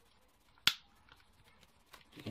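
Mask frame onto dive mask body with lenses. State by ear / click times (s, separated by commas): seated / 0.7 s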